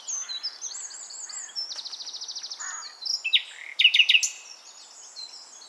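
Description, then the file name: Common nightingale song, a busy stream of high whistles, a buzzy trill and a few loud rapid chirps. "Luscinia megarhynchos"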